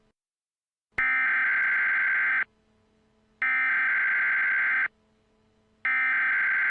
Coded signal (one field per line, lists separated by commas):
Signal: Emergency Alert System (SAME) tones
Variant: header bursts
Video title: EAS Scenario: The World of Flashpoint - The July Insurrection